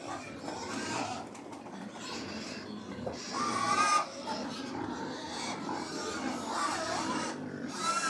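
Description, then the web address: Pigs feeding in a large group: a dense mix of grunts and snuffles, with occasional higher squeals rising over the steady churning noise. About 100 pigs feeding; livestock. "BBC Sound Effects Library BBC Livestock 1 Approx 100 Pigs Feeding"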